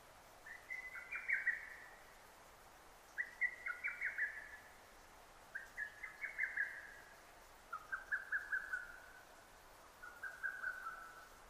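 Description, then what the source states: Lesser cuckoo delivering five quick whistled phrases about two seconds apart, the last two lower in pitch. Recorded 6 June 2009.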